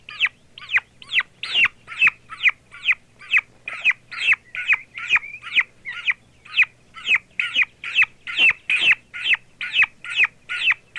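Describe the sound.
Turkey chicks peeping: high arched whistled peeps given quickly, about two every second, steady and loud, with a faint low hum beneath.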